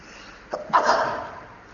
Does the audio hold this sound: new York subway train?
no